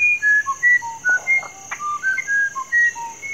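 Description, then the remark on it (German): A bird sings its original song, a clear, whistled song of pure tonal notes stepping between higher and lower pitches in a steady rhythm; on the second time through it leaves out a note in the middle. A faint constant high hiss is behind it. “Er strukturiert sein Lied, indem er beim zweiten Mal die Noten einfach auslässt.”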